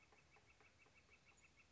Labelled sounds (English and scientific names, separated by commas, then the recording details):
Northern Flicker (Colaptes auratus)
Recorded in Sonoma County, California